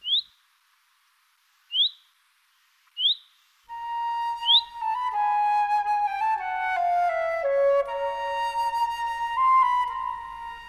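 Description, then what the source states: Common Chaffinch calls: four sharp, short, high notes, with instrumental music starting just before the fourth and continuing to the end. Calls of male chaffinches from another district of Osnabrück, Lower Saxony, played for comparison; regional call dialects differ by where the birds live.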